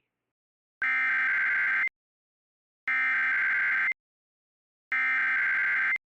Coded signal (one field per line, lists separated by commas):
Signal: Emergency Alert System (SAME) tones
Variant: header bursts